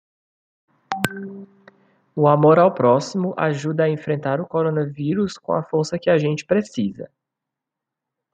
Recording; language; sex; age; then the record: spoken sentence; Brazilian Portuguese; male; 20 to 29 years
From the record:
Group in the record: control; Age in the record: 24 years